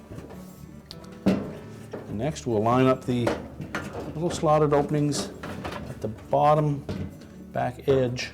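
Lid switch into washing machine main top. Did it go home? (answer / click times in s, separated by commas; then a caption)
yes / 0.9 s. The back end of a new GE WH12X10334 lid switch with wire harness, in a plastic housing, is snapped down onto a washing machine's main top panel. A sharp snap at 0.9 s marks the switch locking in place, seated, and someone talks throughout the rest of the clip.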